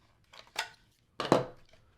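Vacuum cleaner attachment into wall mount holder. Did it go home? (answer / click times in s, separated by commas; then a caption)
yes / 1.2 s, 1.3 s. Plastic vacuum cleaner attachments for a VACLAB X11 PRO cordless stick vacuum are lined up and pushed onto the bottom of the plastic wall mount holder. After two softer plastic taps around 0.4 and 0.6 seconds, sharp clicks at 1.2 and 1.3 seconds mark the attachment seating in place.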